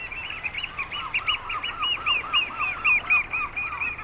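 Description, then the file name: Eurasian oystercatcher piping calls: loud, shrill, ringing notes repeated rapidly, about four each second, slightly uneven in rhythm and strength, over a faint low rumble. "Huitrier Pie"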